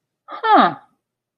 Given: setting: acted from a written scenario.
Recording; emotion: vocal sound without words; interest